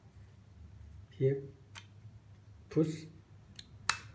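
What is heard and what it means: An interchangeable plug head is pushed onto a plastic power bank charger body while someone talks. Faint ticks come at about 1.8 s and 3.6 s, then a sharp, loud click at 3.9 s as the head snaps home. The plug head is seated, holding firmly and not moving.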